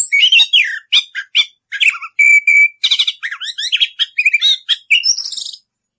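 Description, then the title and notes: Orange-headed thrush song of bright whistles, a sustained steady note, warbling slurs and rapid chips, ending abruptly. Anis kembang singing in the ngerol (continuous rolling) song style; masteran tutor song. "Anis Kembang 9. suara anis kembang ngerol. Masteran Anis Kembang"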